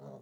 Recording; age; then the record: pig call; piglet (1 to 25 days)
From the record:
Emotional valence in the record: negative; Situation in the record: short isolation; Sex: female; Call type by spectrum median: low-frequency call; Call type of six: low-frequency stable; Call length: 0.22 s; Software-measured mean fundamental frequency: 51 Hz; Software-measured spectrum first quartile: 183 Hz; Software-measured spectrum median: 395 Hz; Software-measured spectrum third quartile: 620 Hz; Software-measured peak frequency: 141 Hz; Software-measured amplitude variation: 83 dB a second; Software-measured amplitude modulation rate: 20.6 a second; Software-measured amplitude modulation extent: 4.0 dB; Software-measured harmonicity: -0.5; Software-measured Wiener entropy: 0.32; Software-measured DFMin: 1386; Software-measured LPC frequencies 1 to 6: 581, 4091, 5888, 6661, 7483, 9405 Hz